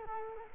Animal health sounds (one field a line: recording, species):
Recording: mosquito wingbeat signal from an infrared sensor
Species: Culex quinquefasciatus